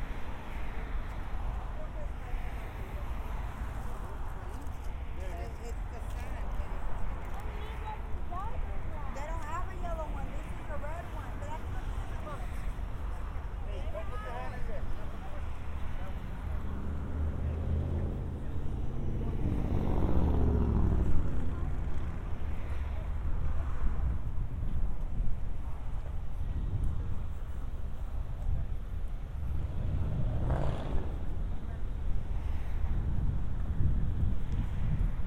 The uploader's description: A binaural recording of a walk from the San Diego County Admin Building to my apartment in Golden Hill